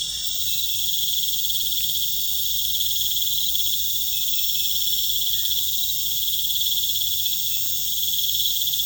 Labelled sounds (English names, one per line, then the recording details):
none
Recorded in pastures near Puerto Asís, Putumayo, Colombia, on 26 December 2024 at 19:00
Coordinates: 0.472, -76.329
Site G072